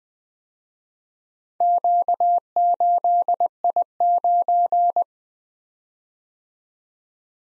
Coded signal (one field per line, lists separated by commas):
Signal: Morse code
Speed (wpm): 22 wpm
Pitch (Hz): 700 Hz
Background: none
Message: Q8I9